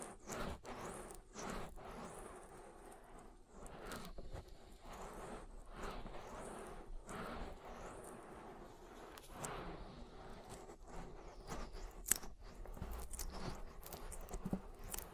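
An oily ear massage gives a steady, close-set run of soft wet rubbing and squelching, with brief sharper crackles and taps throughout.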